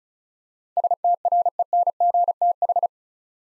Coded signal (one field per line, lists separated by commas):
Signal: Morse code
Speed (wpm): 36 wpm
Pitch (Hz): 700 Hz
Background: none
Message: STRENGTH